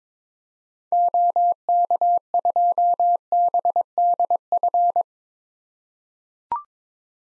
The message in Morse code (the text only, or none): OK2BDF